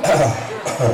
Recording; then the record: coughing mixed with background sound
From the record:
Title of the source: Cough Around the Clock!